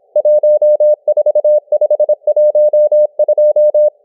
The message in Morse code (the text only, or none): 14512